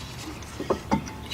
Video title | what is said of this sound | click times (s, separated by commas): ⭐ 2007 Audi A4 Quattro - Front Brakes | just goes in there pops right into place just like that | 0.7 s